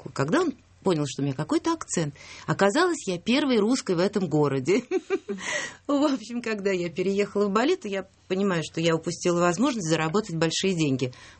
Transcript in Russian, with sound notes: Когда он понял, что у меня какой-то акцент, оказалось, я первая русская в это городе. (смеется) В общем, когда я переехала в Балито, то я понимаю, я упустила возможность заработать большие деньги.